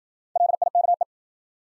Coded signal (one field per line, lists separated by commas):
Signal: Morse code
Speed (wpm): 53 wpm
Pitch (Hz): 700 Hz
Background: none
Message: LIKE